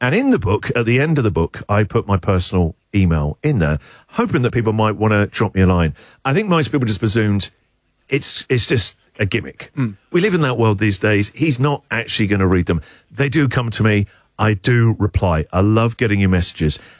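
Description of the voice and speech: An adult male radio host speaks in a relaxed, conversational way with a low, steady voice and natural pauses between phrases. Apart from one ordinary word repeat, the speech is fluent, clearly articulated and evenly paced, showing no speech disorder.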